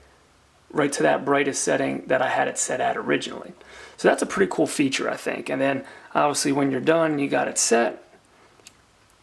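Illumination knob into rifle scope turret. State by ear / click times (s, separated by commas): seated / 8.7 s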